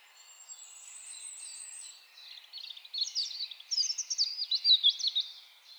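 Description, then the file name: European robin song: a thin, very high sustained whistle, then a bright, varied phrase of quick twittering notes and trills that grows louder. "Erithacus rubecula"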